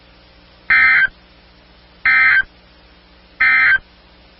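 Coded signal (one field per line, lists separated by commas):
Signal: Emergency Alert System (SAME) tones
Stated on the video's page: Severe storm alerts from NOAA weather radio stations in Illinois, Indiana, Texas and Florida.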